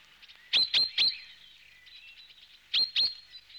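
Finch giving short bright chirps in quick groups of three and two, with a faint high twittering in the background.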